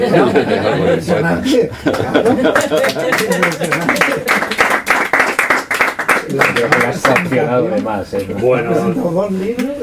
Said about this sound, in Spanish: Bueno, gracias por venir a estas horas y aquí yo. Los aplausos no significan que nos hayamos creído lo que has dicho